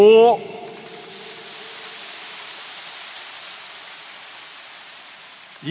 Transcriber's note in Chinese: 掌声